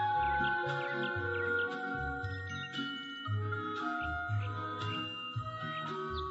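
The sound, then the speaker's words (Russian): A thrush sings bright, warbling phrases of chirps and whistles over a steady musical backing with low bass notes, the song repeating in short bursts throughout. “Ой, послушай, как чудесно поет эта птица. Это дрозд.”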